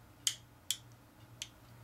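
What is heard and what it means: While the slide lock spring is held down, an aftermarket Tango Down takedown (slide lock) lever is pushed into the polymer frame of a Glock 19 Gen 3 pistol. Two sharp, loud clicks ring out at 0.3 s and 0.7 s, followed by a fainter click at 1.4 s. The lever is seated in the frame.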